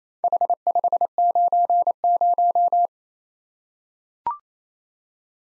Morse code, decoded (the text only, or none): H590